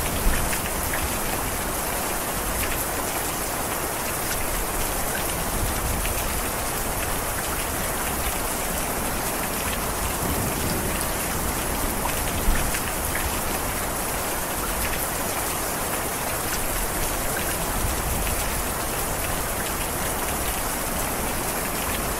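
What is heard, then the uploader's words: Steady, dense rain hisses evenly throughout, with countless fine drops pattering and a single sharper tap around twelve seconds. Relaxing Rain sounds.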